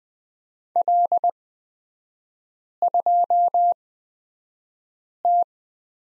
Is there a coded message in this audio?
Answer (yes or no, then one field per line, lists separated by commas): yes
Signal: Morse code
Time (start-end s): 0.8-5.4 s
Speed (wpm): 20 wpm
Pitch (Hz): 700 Hz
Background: none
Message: L2T